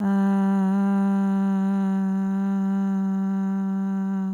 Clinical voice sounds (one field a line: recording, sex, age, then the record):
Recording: sustained vowel /a/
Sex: female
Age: 20 to 29 years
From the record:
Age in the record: 26 years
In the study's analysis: included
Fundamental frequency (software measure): 185 Hz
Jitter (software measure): 0.34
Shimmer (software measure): 0.35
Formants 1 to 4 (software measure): 849 Hz, 1483 Hz, 2859 Hz, 3904 Hz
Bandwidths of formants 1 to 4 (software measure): 199 Hz, 331 Hz, 360 Hz, 466 Hz